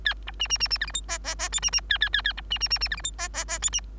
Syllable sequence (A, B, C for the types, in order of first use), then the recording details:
A B C C C C D E F G G G H C C A A A A B C C C C D E F G G G H C. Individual Bird3